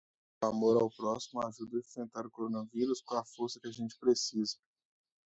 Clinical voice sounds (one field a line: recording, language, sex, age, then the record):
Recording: spoken sentence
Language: Brazilian Portuguese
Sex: male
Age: 30 to 39 years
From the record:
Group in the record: control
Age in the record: 30 years